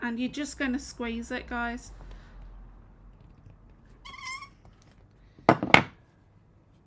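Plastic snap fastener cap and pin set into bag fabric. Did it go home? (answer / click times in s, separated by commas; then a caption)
yes / 5.5 s, 5.7 s. Someone talks, then snap pliers squeeze the cap and pin of a plastic snap fastener together through bag fabric. Two loud, sharp clicks ring out at 5.5 s and 5.7 s. The fastener is pressed home and seated, its pin split and set in the fabric.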